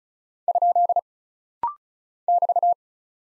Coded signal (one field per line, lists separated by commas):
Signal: Morse code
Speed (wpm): 36 wpm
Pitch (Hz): 700 Hz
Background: none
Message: ? <BT>